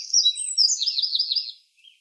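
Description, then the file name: Eurasian wren song: a quick, high tumbling run of sharp notes and trills for about one and a half seconds, ending with a soft low note. "Troglodytes troglodytes"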